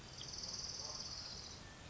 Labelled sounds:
Orange-crowned Warbler
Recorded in Sonoma County, California

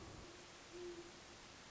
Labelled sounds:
Great Horned Owl
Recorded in Sonoma County, California

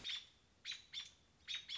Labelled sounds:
American Robin
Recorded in Sonoma County, California

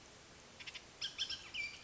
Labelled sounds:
Bullock's Oriole
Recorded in Sonoma County, California

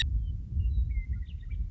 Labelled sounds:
Western Meadowlark
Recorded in Sonoma County, California

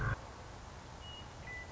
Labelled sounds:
Western Meadowlark
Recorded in Sonoma County, California

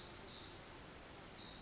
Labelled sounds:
Pacific Wren
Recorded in Sonoma County, California

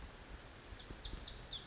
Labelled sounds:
Lazuli Bunting
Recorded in Sonoma County, California

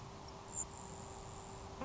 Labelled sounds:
Grasshopper Sparrow
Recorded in Sonoma County, California

